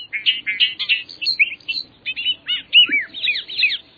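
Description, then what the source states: Bobolink song, a rapid bubbling jangle of metallic, tumbling notes. Singing in a peatland wildlife refuge in central Maine, just north of Bangor; a rapid jangle of notes, like a meadowlark backed by a banjo.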